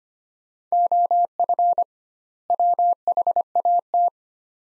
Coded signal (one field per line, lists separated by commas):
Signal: Morse code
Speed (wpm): 25 wpm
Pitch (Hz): 700 Hz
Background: none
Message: OF WHAT